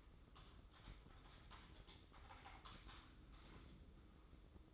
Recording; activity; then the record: daily activity, microphone in the room; typing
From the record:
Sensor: 3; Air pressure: 995.3 hPa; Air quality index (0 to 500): 78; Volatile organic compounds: 6 ppm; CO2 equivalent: 1845 ppm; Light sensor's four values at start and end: 18/56/23/20 and 19/57/23/21